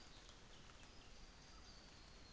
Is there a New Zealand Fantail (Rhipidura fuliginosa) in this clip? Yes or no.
no